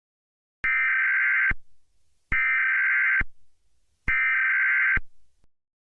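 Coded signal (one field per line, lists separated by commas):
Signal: Emergency Alert System (SAME) tones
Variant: header bursts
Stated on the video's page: Fictional EAS scenario based on a novel, made for entertainment only.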